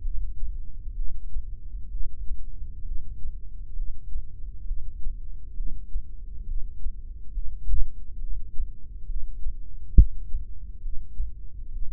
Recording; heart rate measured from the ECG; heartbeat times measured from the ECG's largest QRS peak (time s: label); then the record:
heart sounds by microphone in the left ear; 67 bpm
0.05 s: heartbeat
0.97 s: heartbeat
1.93 s: heartbeat
2.87 s: heartbeat
3.78 s: heartbeat
4.68 s: heartbeat
5.58 s: heartbeat
6.49 s: heartbeat
7.35 s: heartbeat
8.22 s: heartbeat
9.09 s: heartbeat
9.97 s: heartbeat
10.83 s: heartbeat
11.74 s: heartbeat
From the record:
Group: heart failure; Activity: rest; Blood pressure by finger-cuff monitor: 123/84 mmHg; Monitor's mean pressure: 98 mmHg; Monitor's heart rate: 66 bpm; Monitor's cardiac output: 6.4 L/min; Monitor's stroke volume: 97 mL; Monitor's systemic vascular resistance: 1160 dyn s/cm5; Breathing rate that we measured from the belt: 17 breaths a minute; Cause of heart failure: idiopathic cardiomyopathy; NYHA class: 1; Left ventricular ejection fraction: 50%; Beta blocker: bisoprolol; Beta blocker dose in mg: 5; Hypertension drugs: candesartan, spironolactone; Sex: male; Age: 54 years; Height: 180 cm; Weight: 94.6 kg